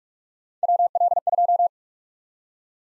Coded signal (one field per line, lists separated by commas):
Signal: Morse code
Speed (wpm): 44 wpm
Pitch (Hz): 700 Hz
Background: none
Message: WL2